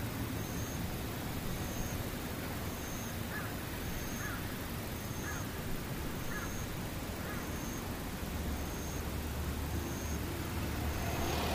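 A tsukutsuku-boshi cicada calls in a steady rhythm, a short high buzz repeating about once a second throughout. Softer rising chirps join in the middle stretch. Underneath runs a constant low rumble, like passing traffic.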